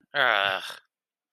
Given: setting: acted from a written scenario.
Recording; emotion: vocal sound without words; contempt